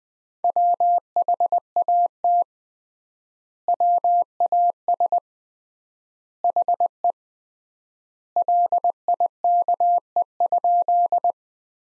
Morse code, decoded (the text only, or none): WHAT WAS HE LIKE?